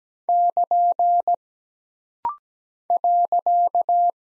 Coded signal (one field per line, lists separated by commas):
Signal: Morse code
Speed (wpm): 17 wpm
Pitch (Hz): 700 Hz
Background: none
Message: <KN> .